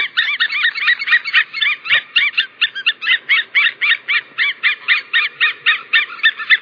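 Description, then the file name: White-tailed eagle yelping steadily, a loud chain of sharp, ringing notes about four per second. "Havørn"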